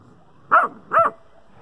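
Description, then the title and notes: Dog barking, two quick high-pitched puppy barks about half a second apart, over a quiet background. Puppy barking at the neighbours' chickens. "she is barking at the neighbors chickens"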